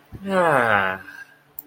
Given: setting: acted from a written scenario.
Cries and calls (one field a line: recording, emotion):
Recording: vocal sound without words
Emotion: relief